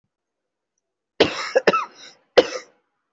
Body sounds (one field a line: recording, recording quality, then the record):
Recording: heavy voluntary cough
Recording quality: excellent, no background noise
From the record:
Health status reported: respiratory illness, not identified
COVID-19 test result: negative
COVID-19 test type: RT-PCR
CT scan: taken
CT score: 0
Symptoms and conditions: another respiratory illness, another condition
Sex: male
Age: 20 years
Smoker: no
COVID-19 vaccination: one dose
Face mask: worn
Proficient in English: yes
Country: India